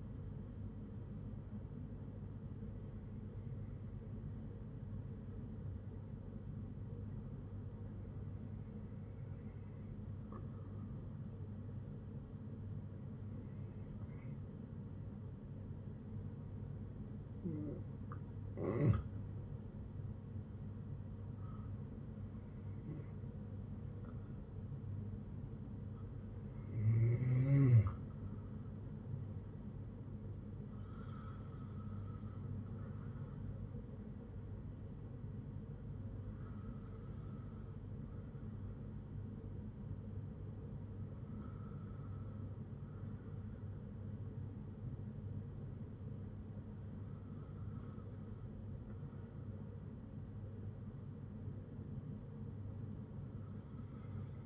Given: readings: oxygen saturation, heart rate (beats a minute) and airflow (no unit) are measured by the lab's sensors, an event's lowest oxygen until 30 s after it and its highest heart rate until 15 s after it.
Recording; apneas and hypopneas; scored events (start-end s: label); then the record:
breathing in sleep by a smartphone at the bedside; none
none scored
From the record:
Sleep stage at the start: N2 (light sleep); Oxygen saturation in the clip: 91 to 94%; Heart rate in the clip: 56 to 63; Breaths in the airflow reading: 10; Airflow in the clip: -6.9 to 6.2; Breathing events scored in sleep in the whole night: 182 in 7.4 hours asleep